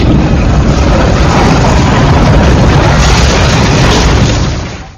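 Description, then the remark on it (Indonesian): An Ager BWG 25 shallot peeling machine, peeling fresh shallots, runs with a loud, steady mechanical roar and rushing hiss, unchanging for several seconds before tapering off at the very end. No voices are heard. “Mesin pengupas bawang merah Ager BWG 25 dari Indo.”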